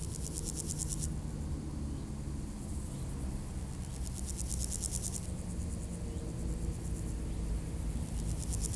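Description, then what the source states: Grasshopper buzzing: two bursts of rapid high pulses, one at the start and one in the middle, with steady low traffic noise throughout. Beside road D633 at Aveize, France, with passing cars; recorded with a Sony PCM-M10 in AB microphone position.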